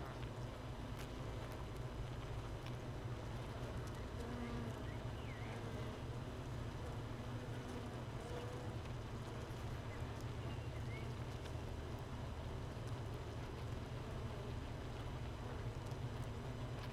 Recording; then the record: honeybee colony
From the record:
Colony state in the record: missing queen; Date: 31 May 2018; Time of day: 15:00